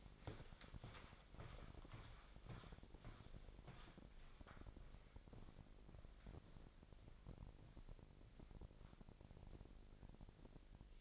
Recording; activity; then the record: daily activity, microphone in the room; walk to room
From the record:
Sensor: 5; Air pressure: 999.6 hPa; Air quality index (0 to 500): 216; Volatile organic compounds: 18 ppm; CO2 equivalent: 2637 ppm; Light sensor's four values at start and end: 32/71/30/29 and 34/80/32/31